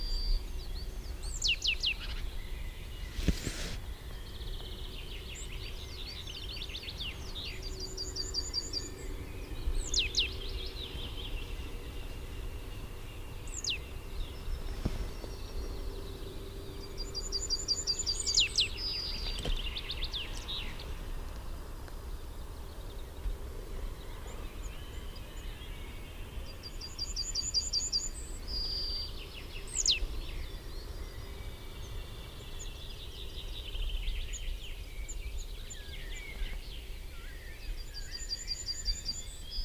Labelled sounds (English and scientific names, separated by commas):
Yellowhammer (Emberiza citrinella)